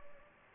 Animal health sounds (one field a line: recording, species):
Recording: mosquito wingbeat signal from an infrared sensor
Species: Culex pipiens